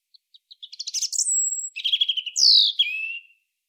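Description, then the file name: European robin song: a few soft ticks building into rapid trills, a long high whistle, a lower trill, then a descending sweep ending in a steady thin tone. "Erithacus rubecula"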